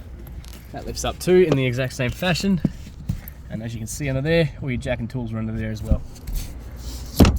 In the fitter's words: That just clicks into place.